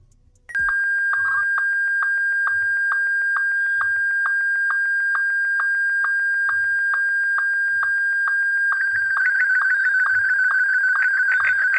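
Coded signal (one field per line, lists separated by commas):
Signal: SSTV (slow-scan television)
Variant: Martin 1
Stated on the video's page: SSTV audio tones generated from text and images with Python pysstv, played through a speaker in an air-gap exfiltration demonstration.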